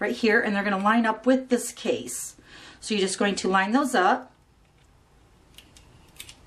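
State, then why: Seated. Someone talks for about four seconds while a Fast Fuse adhesive refill cartridge is lined up by its two holes with the pegs in a plastic applicator case. After a quiet pause and a few small taps, the cartridge is pressed in and snaps into place with a sharp click at 6.2 s, seating in the case.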